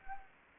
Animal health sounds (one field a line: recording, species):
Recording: mosquito wingbeat signal from an infrared sensor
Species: Anopheles gambiae